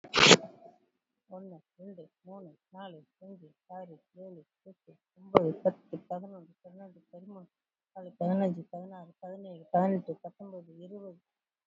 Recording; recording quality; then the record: counting at a fast pace; excellent, no background noise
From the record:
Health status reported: COVID-19 positive, moderate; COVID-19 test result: positive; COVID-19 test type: RT-PCR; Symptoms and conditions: fever, diabetes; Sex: female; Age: 52 years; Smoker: no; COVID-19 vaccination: one dose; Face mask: worn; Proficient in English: yes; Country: India